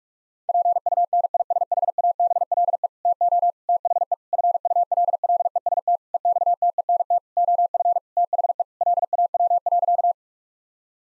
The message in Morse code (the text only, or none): PUNISHABLE TO THE FULLEST EXTENT OF THE LAW.